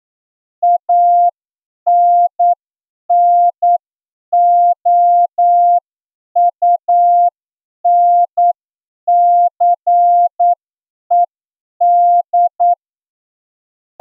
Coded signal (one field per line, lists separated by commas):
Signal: Morse code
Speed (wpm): 9 wpm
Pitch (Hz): 700 Hz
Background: none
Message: ANNOUNCED